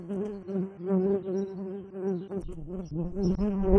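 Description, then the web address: Brown-banded carder bee giving a low, steady droning buzz that wavers slightly in pitch, with a few soft knocks near the end. Workers. "Humilis workers"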